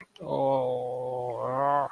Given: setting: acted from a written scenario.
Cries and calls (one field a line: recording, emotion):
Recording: vocal sound without words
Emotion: shame